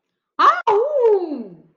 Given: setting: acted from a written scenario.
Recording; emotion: vocal sound without words; positive surprise